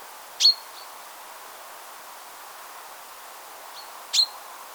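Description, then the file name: Common chaffinch calling: two crisp high 'pink' notes almost four seconds apart, the first followed and the second preceded by a soft faint echo-like note, in near silence. "Fringilla coelebs"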